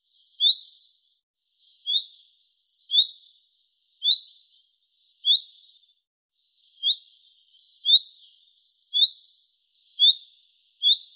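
Bird calls: a steady series of about ten sharp, rising high notes, close to one per second, with faint buzzy sounds between them.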